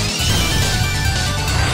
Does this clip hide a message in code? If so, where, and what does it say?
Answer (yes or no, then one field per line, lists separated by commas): no